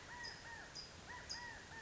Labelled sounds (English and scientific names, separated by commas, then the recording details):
California Towhee (Melozone crissalis)
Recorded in Sonoma County, California